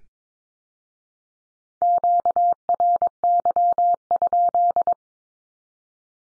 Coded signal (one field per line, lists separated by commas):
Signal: Morse code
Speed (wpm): 22 wpm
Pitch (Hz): 700 Hz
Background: none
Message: QRY?